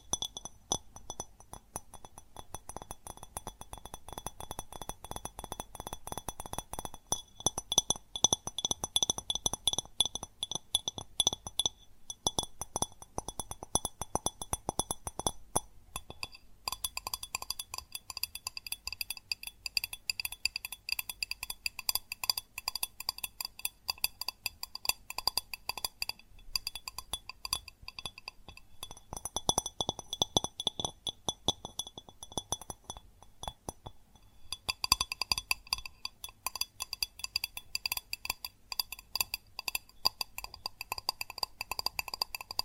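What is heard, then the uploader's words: Fast tapping on glass and ceramic objects, a dense stream of sharp clinks that barely pauses throughout. The bright ringing shifts in tone as different objects are struck, with brief lulls near 12, 16 and 34 seconds. ASMR Fast Tapping on GlassCeramic Objects (No Talking).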